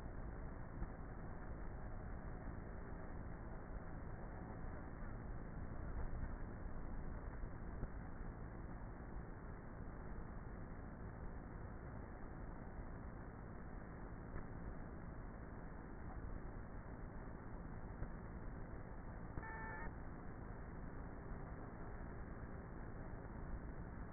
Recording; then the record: honeybee colony, microphone inside the hive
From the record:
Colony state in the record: queenless with a low population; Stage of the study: before two queens were removed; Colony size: about 30,000 bees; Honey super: no